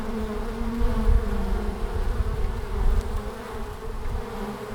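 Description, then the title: Honey bee buzzing as an even low hum beneath heavy, fluttering low-pitched rumbles that rise and fall throughout. Langel, Cologne, Germany, in March at 20 °C; in sunny hours bees fly out in large numbers; recorder lay directly below the hive entrance hole; some bees briefly caught in the windshield fur. "Langel, Köln, Deutschland - Bienen im März. Bees in march"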